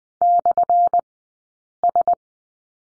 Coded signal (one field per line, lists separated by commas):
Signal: Morse code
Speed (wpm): 20 wpm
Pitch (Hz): 700 Hz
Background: none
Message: /S